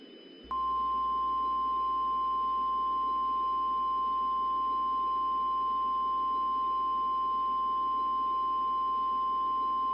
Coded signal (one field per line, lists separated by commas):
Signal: Emergency Alert System (SAME) tones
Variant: 1050 Hz attention tone